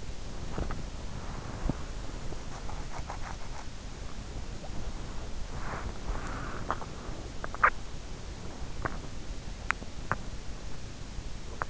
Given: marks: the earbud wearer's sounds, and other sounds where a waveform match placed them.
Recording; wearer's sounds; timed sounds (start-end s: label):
sounds in sleep by an in-ear microphone; body movement, breath, swallowing, teeth grinding
0.00-6.59 s: body movement
5.43-7.50 s: breath
6.59-7.91 s: swallowing
8.78-11.70 s: teeth grinding